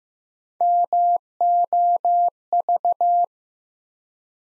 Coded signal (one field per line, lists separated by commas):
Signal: Morse code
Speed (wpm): 15 wpm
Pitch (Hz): 700 Hz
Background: none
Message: MOV